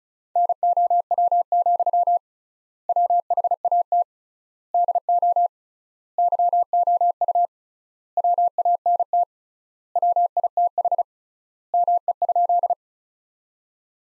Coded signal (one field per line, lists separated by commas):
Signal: Morse code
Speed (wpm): 36 wpm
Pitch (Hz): 700 Hz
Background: none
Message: NOW, WHAT DO YOU WANT WITH ME?